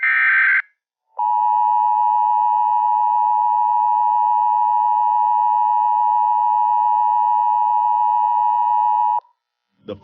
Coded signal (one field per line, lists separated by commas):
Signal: Emergency Alert System (SAME) tones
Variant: 853 and 960 Hz attention tone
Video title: EAS | The Attack III